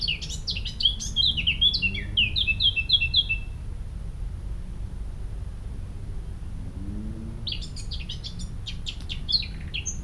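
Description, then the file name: Eurasian blackcap song: a chattering warble that runs into quick repeated whistled notes, a pause of about four seconds, then a second burst of varied scratchy warbling. "Sylvia atricapilla"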